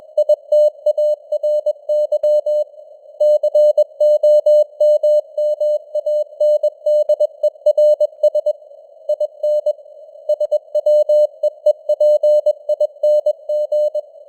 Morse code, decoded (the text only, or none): ITARY COMMANDERS IN SWEEPING